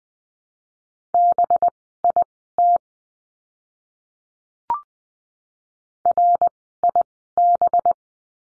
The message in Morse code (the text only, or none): BIT RIB